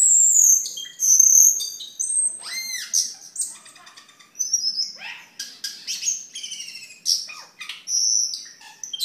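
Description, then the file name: Camperling song: high drawn-out whistles first, then arched slurred notes, rattles and short bright chirps scattered through a busy phrase. "camperling omkicau"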